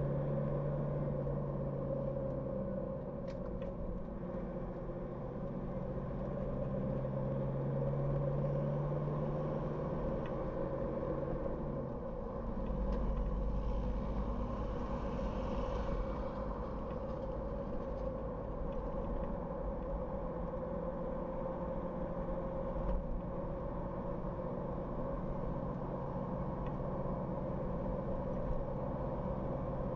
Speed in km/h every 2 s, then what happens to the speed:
47, 40, 39, 42, 46, 51, 52, 53, 55, 56, 59, 63, 63, 66, 67.
0-5 steady at about 40. 5-30 speeds up to 67.